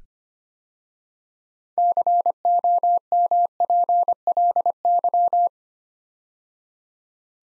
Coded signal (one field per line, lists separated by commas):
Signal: Morse code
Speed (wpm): 26 wpm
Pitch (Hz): 700 Hz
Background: none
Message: COMPLY